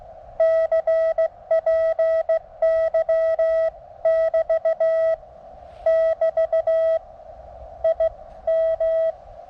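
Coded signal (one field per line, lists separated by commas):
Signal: Morse code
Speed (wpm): 17 wpm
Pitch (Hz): 650 Hz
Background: none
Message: CPY<BT> <BT> IM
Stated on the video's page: Live QRP CW contacts on 20 m with a Mountain Topper MTR-3B into a resonant 17-foot whip with radials, no tuner.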